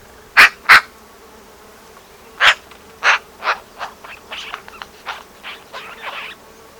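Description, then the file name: Eurasian magpie harsh chatter: two loud, rasping notes, then a series of dry notes that grow quicker and softer. "Pica pica"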